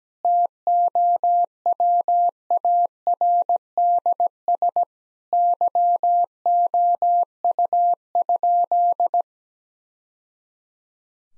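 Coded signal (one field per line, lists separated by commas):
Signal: Morse code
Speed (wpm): 17 wpm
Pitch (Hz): 700 Hz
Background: none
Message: TOWARDS YOU?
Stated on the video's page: Morse head-copy practice drill at 17 wpm of sentences from the top 1000 words, each sent, then spoken, then sent again.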